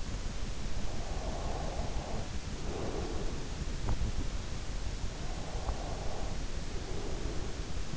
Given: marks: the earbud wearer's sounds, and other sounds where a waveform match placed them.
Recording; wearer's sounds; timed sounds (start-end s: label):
sounds in sleep by an in-ear microphone; breath
0.70-3.80 s: breath
5.16-7.97 s: breath